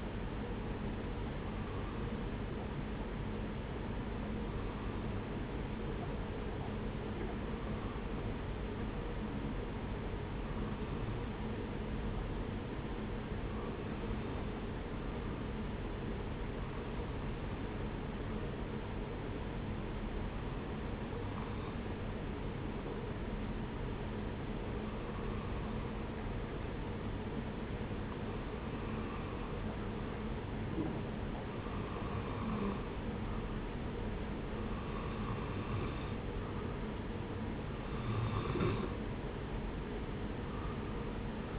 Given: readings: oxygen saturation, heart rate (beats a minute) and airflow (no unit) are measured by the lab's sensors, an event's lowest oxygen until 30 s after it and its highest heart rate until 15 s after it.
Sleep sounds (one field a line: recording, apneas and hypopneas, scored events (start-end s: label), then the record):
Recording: breathing in sleep by a voice recorder at the bedside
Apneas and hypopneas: 1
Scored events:
10.00-24.80 s: hypopnea (N2, oxygen 96% highest, then 91% lowest)
From the record:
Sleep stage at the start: N2 (light sleep)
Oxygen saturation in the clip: 92 to 96%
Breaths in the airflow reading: 15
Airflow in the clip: -0.7 to 3.0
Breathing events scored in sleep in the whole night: 335 in 6.7 hours asleep